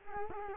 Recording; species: mosquito wingbeat signal from an infrared sensor; Culex quinquefasciatus